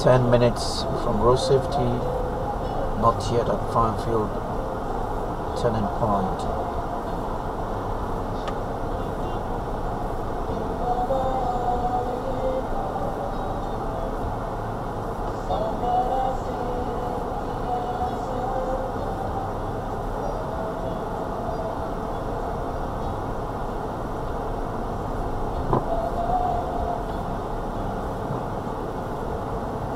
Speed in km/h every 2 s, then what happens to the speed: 6, 5, 3, 3, 3, 3, 3, 2, 2, 2, 3, 5, 5, 2, 5.
0-13 steady at about 3. 13-19 standing. 19-30 steady at about 5.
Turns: none.